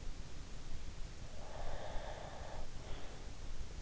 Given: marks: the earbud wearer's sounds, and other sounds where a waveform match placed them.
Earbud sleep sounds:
sounds in sleep by an in-ear microphone; breath
1.32-3.17 s: breath

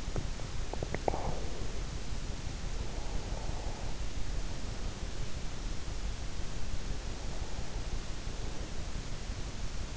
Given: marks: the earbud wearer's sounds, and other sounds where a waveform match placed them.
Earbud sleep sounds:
sounds in sleep by an in-ear microphone; teeth grinding, breath
0.00-0.43 s: teeth grinding
0.66-1.73 s: breath
2.69-4.18 s: breath

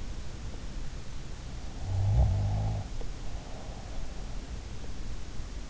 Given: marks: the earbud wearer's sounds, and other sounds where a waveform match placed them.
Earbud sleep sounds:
sounds in sleep by an in-ear microphone; snoring breath
1.83-4.16 s: snoring breath

